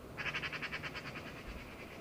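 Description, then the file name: Eurasian magpie giving a harsh rattling chatter, a rapid run of dry chak notes that fades toward the end, over a low background hum. "Pica pica"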